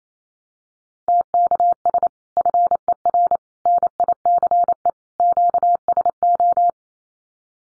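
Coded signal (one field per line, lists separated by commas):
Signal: Morse code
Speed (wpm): 28 wpm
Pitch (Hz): 700 Hz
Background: none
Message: TKS FER NICE QSO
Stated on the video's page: Morse code drill of common QSO phrases at 28 wpm for head-copy.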